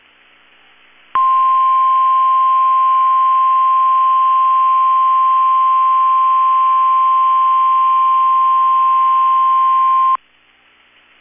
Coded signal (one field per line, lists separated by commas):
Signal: Emergency Alert System (SAME) tones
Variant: 1050 Hz attention tone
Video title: 4/26/23 - KEC65 Required Weekly Test (EAS #764)